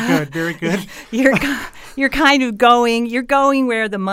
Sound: laughter